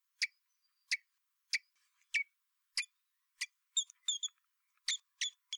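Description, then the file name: Common blackbird repeating sharp ticking chinks about every half second, mixed midway with a few higher, ringing two-part notes. "Turdus merula"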